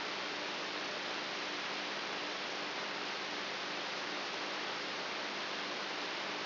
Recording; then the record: brain microelectrode recording played as sound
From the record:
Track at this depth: inside the subthalamic nucleus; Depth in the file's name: 4.64 mm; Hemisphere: right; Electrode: 3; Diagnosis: Parkinson's disease